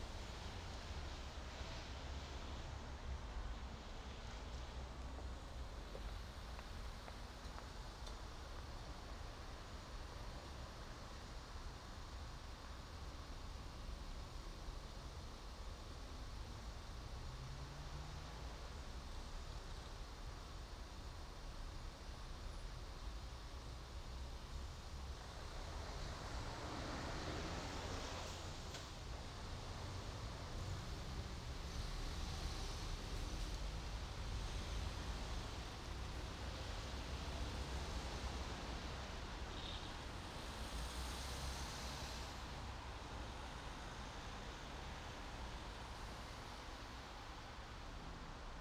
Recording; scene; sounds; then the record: everyday scene through a hearing-aid microphone; in traffic; traffic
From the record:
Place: main city hub, rush hour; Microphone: in the ear canal, right